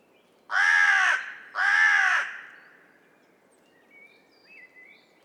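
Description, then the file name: Carrion crow calls: two harsh, drawn-out caws about a second apart, each hoarse and grating, then faint thin bird notes in the background. "Corvus corone"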